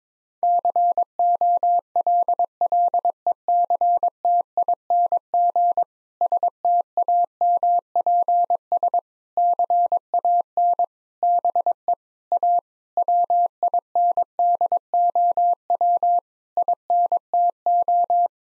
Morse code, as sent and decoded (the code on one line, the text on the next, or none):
-.-. --- .-.. .-.. . -.-. - .. -. --. / ... - .- -- .--. ... / -.-. .- -. / -... . / .- / .-- .. -. -.. --- .-- / .. -. - ---
COLLECTING STAMPS CAN BE A WINDOW INTO